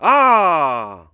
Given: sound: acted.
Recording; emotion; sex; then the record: nonverbal affect burst; anger; male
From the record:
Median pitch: 151 Hz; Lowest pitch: 73 Hz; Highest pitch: 290 Hz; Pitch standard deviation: 67 Hz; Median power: 77.7 dB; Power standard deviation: 13.9 dB